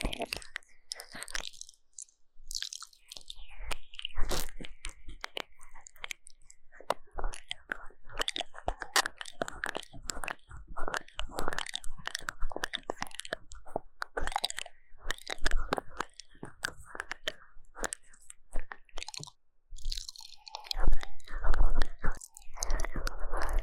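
Wet ear-licking mouth sounds fill the stretch: dense, irregular clicks, smacks and squishy crunches arriving several times a second. A soft, steady tone hums underneath for much of it, with brief quiet gaps near 2, 7 and 20 seconds.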